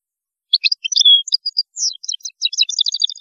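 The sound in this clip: European goldfinch song, a quick tumbling stream of bright twittering and tinkling notes with a short drawn-out tone near the start, continuing to the end.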